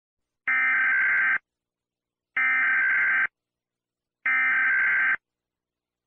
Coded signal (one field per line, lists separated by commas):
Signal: Emergency Alert System (SAME) tones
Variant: header bursts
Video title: EAS Alarms from some countries